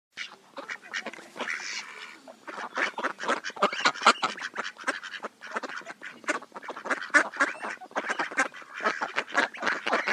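A group of ducks giving harsh, nasal quacks that overlap and tumble over one another, rising and falling in bursts across the whole stretch.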